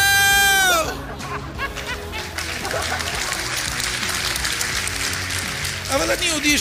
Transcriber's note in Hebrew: הקהל מוחא כפים